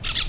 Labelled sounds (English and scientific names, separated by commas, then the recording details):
Brown-throated Parakeet (Eupsittula pertinax) contact call
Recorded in Venezuela
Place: Cerro Saroche, Hato Dalmatela, Edo. Lara
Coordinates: 10.149, -69.534